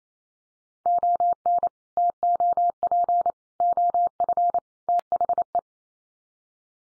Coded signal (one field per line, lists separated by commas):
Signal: Morse code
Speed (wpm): 28 wpm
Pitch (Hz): 700 Hz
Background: none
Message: ON TOP OF THE